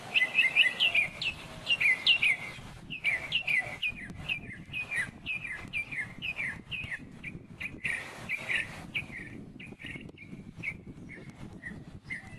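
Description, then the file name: Northern mockingbird singing rapid jumbled phrases, then a long series of sharp, downslurred notes. "Northern Mockingbird Sandtouch"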